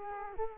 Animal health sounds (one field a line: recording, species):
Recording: mosquito wingbeat signal from an infrared sensor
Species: Culex quinquefasciatus